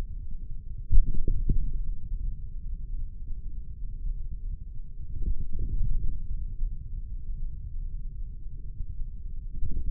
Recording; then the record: forearm muscle sounds (acoustic myography)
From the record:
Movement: hand opening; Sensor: system 3, bracelet of six PUI Audio POM-2738L microphones around the upper forearm, with dedicated amplification and filtering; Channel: 5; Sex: male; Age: 55 years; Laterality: right